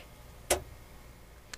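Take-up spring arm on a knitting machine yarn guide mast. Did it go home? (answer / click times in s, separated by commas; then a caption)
yes / 0.5 s. The take-up spring arm on a knitting machine's yarn guide mast is raised until it clicks into its upright locked position. A sharp click is heard at 0.5 s, followed by a fainter tick at 1.5 s over a quiet background. The spring arm is seated.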